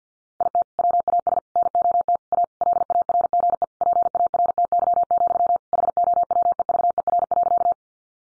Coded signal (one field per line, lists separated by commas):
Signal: Morse code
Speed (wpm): 50 wpm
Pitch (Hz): 700 Hz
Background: none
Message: IT WAS NOT A LARGE PARTY, HOWEVER.